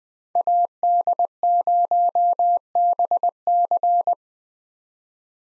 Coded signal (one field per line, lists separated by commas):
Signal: Morse code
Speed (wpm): 20 wpm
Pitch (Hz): 700 Hz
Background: none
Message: AD0BC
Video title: 2023 POTA Hunter Call Signs - 20wpm